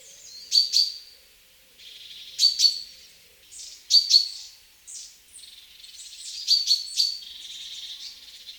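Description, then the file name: Great tit calls: high, sharp notes given in clipped pairs about every two seconds, with fainter notes between them. "Parus major"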